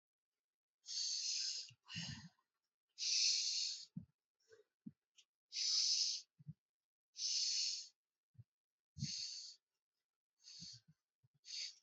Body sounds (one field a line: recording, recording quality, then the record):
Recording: shallow breathing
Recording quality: excellent, no background noise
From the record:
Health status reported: exposed to COVID-19, no respiratory illness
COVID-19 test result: negative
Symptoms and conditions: none ticked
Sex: female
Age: 27 years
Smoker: not ticked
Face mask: not worn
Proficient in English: yes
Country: India